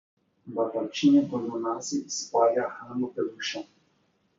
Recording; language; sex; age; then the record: short text; Brazilian Portuguese; male; 30 to 39 years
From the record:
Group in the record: control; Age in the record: 35 years